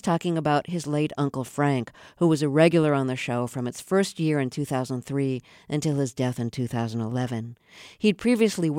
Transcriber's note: none